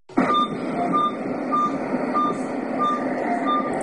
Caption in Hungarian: Ez a lélegeztetőgép hangja az intenzív osztályon. Itt fekszik két fiatal is, egyikük súlyos, életveszélyes állapotban. Elektromos rollerrel szenvedtek balesetet.